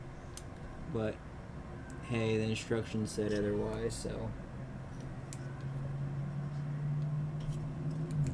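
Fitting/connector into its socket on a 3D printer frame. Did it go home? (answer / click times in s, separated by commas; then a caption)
no / none. During a 3D printer build, a fitting or connector is handled at its socket on the printer frame while someone talks over a steady low hum. A few brief light knocks from the handling are heard at about 0.4, 5.3, 8.1 and 8.3 seconds. Nothing has seated or clicked yet.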